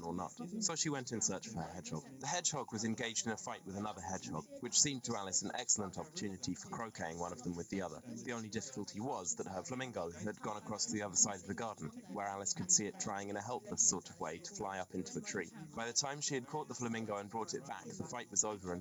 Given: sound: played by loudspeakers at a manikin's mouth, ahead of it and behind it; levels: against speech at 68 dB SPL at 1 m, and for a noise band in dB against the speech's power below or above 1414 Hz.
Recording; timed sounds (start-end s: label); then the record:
test signals for a remote microphone
0.00-18.81 s: man speaking, babble ahead at +6 dB SNR for speech at 1 m
From the record:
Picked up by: remote microphone A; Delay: 47 ms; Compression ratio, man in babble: 10.50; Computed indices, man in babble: HASPI 1.000, HASQI 0.322 (non-linear 0.372, linear 0.866), ESTOI 0.714